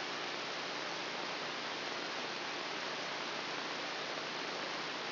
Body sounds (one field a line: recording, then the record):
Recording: brain microelectrode recording played as sound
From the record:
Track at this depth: inside the subthalamic nucleus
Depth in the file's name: 2.709 mm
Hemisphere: left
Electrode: 2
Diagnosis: Parkinson's disease